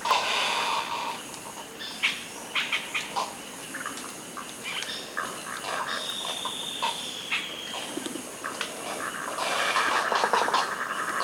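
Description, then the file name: Birds giving rapid, overlapping chirps and calls over a noisy background, with a longer high whistled note near the middle. "SABIOD 50 bird 2015"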